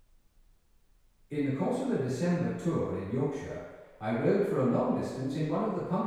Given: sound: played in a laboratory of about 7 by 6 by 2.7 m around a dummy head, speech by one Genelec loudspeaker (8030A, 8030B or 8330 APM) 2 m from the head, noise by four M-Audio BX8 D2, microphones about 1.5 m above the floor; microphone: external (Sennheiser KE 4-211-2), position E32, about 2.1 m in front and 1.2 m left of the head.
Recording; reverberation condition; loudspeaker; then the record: male speech in English; high; 60 degrees to the right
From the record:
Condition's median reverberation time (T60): about 1300 ms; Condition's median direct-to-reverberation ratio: about -4.0 dB